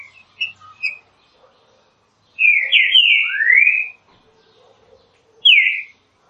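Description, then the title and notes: Green-winged saltator singing: a few soft notes, then a strong phrase of clear downslurred whistles ending in a rising note, then a single whistle. Classic song style (canto clássico) of the green-winged saltator, presented as a training recording. "Canto Clássico Trinca Ferro TREINAMENTO. trinca fero"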